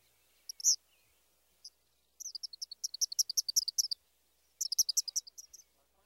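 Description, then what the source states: Eastern Kingbird giving a rapid stuttered series of high, sharp, electric-sounding notes, a few isolated notes first and then two quick trains of accented chips. High-pitched song, repeated; variable notes likened to electrical sparks jumping between wires, stuttered quality with punctuated accents.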